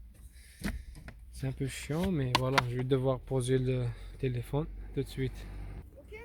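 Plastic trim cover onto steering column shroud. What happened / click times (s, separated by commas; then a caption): Trim pieces handled, not yet clipped home / none. Someone talks while refitting a plastic trim cover onto the steering column shroud of a Renault Clio 3 during replacement of the steering column switch block, with a few short handling knocks around 0.7 s and 1.1 s. The trim clips have not seated yet; nothing has clicked home in this clip.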